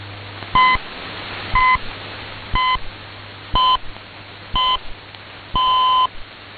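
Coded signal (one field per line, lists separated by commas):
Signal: radio time signal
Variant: time pips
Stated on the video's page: Shortwave broadcast on 15450 kHz at 1230 UTC received via KiwiSDR.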